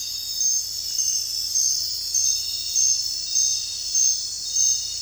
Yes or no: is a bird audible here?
no